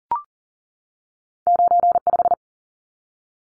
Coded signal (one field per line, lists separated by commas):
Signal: Morse code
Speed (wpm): 40 wpm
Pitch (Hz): 700 Hz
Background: none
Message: 95